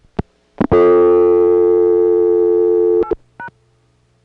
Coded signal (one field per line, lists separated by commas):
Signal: telephone call progress tone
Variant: North America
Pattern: dial tone